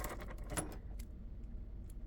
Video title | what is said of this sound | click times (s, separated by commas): Carabiner bit holders review and also these make great holiday gifts | Well, that's locked in good. | 1.0 s